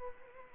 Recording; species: mosquito wingbeat signal from an infrared sensor; Culex quinquefasciatus